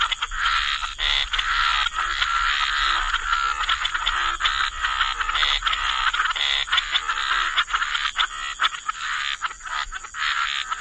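Dense chorus of frogs, croaks overlapping almost without pause into a continuous rasping wash, over a steady background hiss.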